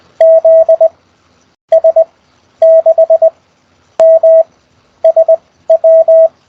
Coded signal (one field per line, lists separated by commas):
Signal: Morse code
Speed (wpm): 20 wpm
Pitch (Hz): 660 Hz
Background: none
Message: ZS6MSW